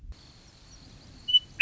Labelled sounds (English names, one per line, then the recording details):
Western Meadowlark
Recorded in Sonoma County, California